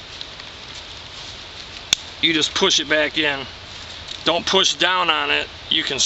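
A plastic shoulder strap quick-release fitting is pushed back into its receiver on a USGI MOLLE II Large Assault Pack, giving a loud, sharp click at 1.9 s. Someone talks afterward, and the fitting is seated and clicked in place.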